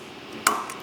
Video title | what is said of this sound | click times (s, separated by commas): How To Assemble & Use Your AMPW Transmission Rotary Brush | Hear it click. locked in place. | 0.5 s